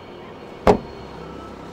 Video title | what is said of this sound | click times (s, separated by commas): Dòng xe top 1 phân khúc sedan C chính là #kia #cerato luxury sx 2019 tại #xetotgoodcar | Đây nghe đóng tiếng cốp này. | 0.7 s